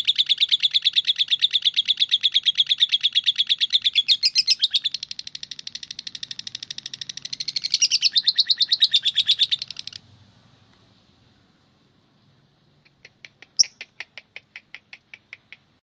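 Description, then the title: Oriental magpie-robin singing a rapid run of high chirps for ten seconds, changing in texture midway, then a pause before a slower series of separate bright notes resumes. "Kicau Kacer"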